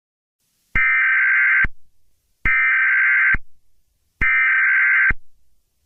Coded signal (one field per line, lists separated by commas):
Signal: Emergency Alert System (SAME) tones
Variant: header bursts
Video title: EAS Scenario 8: Five Nights at Freddy’s